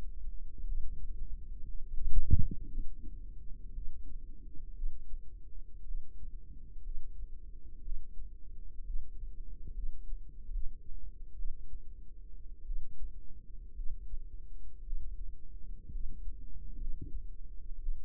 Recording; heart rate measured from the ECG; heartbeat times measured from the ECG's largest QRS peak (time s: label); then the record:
heart sounds by microphone in the right ear; 60 bpm
0.65 s: heartbeat
1.65 s: heartbeat
2.68 s: heartbeat
3.73 s: heartbeat
4.74 s: heartbeat
5.85 s: heartbeat
6.82 s: heartbeat
7.83 s: heartbeat
8.85 s: heartbeat
9.73 s: heartbeat
10.50 s: heartbeat
11.36 s: heartbeat
12.65 s: heartbeat
13.75 s: heartbeat
14.83 s: heartbeat
15.91 s: heartbeat
16.78 s: heartbeat
17.79 s: heartbeat
From the record:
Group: healthy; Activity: cold pressor test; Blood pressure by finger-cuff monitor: 112/70 mmHg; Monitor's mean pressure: 84 mmHg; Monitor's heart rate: 58 bpm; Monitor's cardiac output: 5.3 L/min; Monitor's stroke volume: 91 mL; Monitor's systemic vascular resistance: 1170 dyn s/cm5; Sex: female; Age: 28 years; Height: 170 cm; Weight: 77 kg